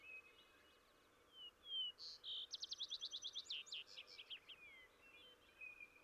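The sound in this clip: Vesper sparrow song, quieter against steady background hiss: whistled introductory notes followed by a rapid trill that slows and fades toward the end.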